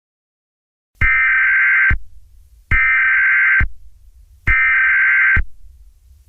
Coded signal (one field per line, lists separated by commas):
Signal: Emergency Alert System (SAME) tones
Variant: header bursts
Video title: Eas scenario 4. Extreme Heat